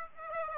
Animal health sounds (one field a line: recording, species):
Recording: mosquito wingbeat signal from an infrared sensor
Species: Aedes aegypti